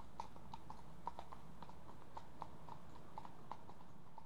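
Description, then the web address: Horse hooves clopping at a walking pace, crisp knocks in an uneven overlapping pattern, with a quiet low background rumble. Two horses approaching at a walk. "BBC Sound Effects Library BBC 37-Horses. Two horses approach at walk on"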